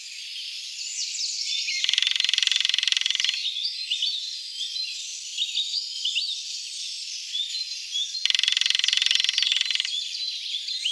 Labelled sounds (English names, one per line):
Lesser Spotted Woodpecker drumming